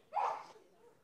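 A loud sneeze from an adult audience member.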